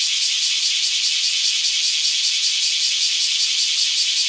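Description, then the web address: Bear cicada buzzing steadily and loudly, the harsh high drone broken into quick regular pulses that repeat without pause. Recorded on 8 July 2015. "birdenaga kumazemi 150708"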